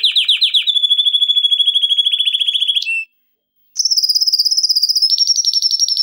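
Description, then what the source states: Canary song: fast rolling trill holding a steady pitch, a short pause, then a higher, thinner trill repeated rapidly. Canary song intended for training.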